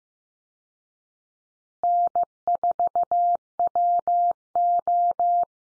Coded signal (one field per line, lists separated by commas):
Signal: Morse code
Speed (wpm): 15 wpm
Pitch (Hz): 700 Hz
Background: none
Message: N4WO